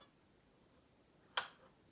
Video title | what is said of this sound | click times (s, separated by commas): Singer 5805c: Winding The Bobbin | So you hear a little click, just like that. | 1.4 s